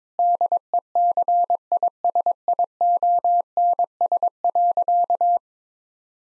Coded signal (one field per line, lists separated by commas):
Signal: Morse code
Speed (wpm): 22 wpm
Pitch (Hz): 700 Hz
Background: none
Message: DECISIONS.